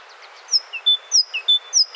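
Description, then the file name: Great tit repeating a crisp high-low-middle whistled phrase about three times in two seconds, evenly spaced. "Parus major"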